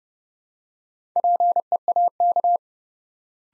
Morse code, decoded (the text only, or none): PEAK